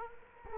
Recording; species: mosquito wingbeat signal from an infrared sensor; Culex quinquefasciatus